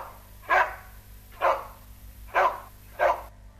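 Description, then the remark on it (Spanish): A dog barks four times in a steady, evenly spaced rhythm, each bark a short, loud, mid-pitched burst with quiet pauses between and no one speaking. “Perro.”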